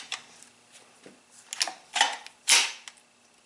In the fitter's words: pops into place there pretty easily so far so good